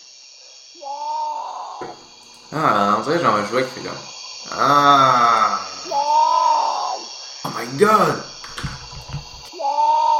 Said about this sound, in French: Ah, le son du potou. Il y a un son, oui. Trouve-moi le son du potou.